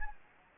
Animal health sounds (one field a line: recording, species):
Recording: mosquito wingbeat signal from an infrared sensor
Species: Anopheles gambiae